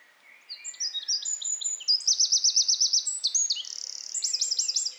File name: Troglodytes troglodytes